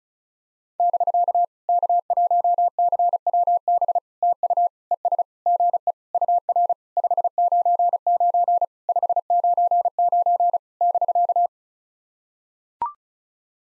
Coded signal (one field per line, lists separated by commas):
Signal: Morse code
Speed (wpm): 36 wpm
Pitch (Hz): 700 Hz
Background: none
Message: <BK> K1CWB TU ES GE UR 599 599 <BK>